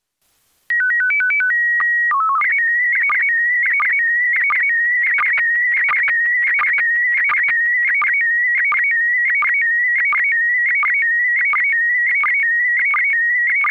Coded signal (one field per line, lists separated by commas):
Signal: SSTV (slow-scan television)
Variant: PD 90